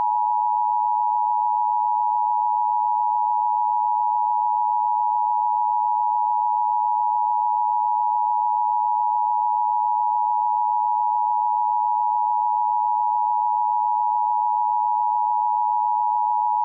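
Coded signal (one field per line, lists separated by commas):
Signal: Emergency Alert System (SAME) tones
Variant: 853 and 960 Hz attention tone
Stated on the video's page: Fabricated vintage test-card recreation looping EBS attention signal and EAS SAME tones.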